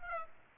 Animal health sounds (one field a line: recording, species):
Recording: mosquito wingbeat signal from an infrared sensor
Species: Aedes aegypti